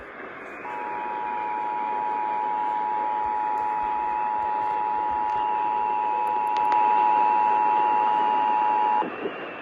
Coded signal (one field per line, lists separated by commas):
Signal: Emergency Alert System (SAME) tones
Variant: 853 and 960 Hz attention tone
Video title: [EAS #48-54] RMT’s and RWT’s